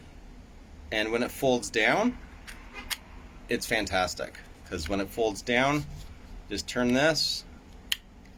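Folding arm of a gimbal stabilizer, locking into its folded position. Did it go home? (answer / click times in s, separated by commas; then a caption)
yes / 7.9 s. Someone talks while folding down the arm of a Qimic smartphone gimbal stabilizer and turning it into its folded position. A sharp click at 7.9 s marks the folded arm latching and locking in place.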